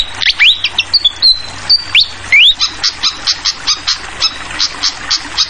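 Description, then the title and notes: Flycatcher sings bright whistled notes that sweep upward and hold level, followed by a regular train of sharp chips, with water trickling. Masteran (tutoring) of clear-voiced flycatcher song mixed with trickling water, for training songbirds. "Masteran Sikatan Kipas Suara Jernih Dan Suara Gemericik Air. Suara Burung Sikatan Londo"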